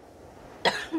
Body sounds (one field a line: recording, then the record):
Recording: coughing mixed with background sound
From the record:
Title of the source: choking, hacking coughing